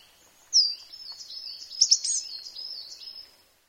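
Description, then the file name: Coal tit producing a single run of very high, thin chirping notes for about three seconds, opening with a sharp note and fading at the end. "higara"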